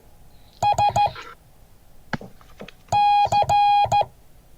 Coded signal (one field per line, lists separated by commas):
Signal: Morse code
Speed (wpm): 14 wpm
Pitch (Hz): 820 Hz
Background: none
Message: S C